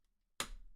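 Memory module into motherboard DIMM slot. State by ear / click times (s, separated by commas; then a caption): seated / 0.4 s. A memory stick is pressed into a motherboard DIMM slot until the retention latch snaps shut. A single sharp, bright click lands at 0.4 seconds after near silence and then fades out. The stick is fully seated.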